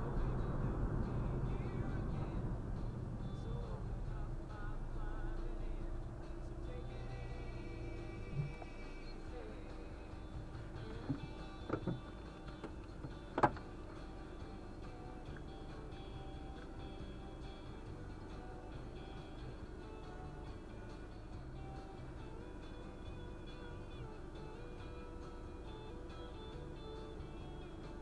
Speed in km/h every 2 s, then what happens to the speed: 34, 11, 3, 0, 0, 0, 0, 0, 0, 0, 0, 0, 0, 0.
0-5 brakes to 0. 5-28 standing.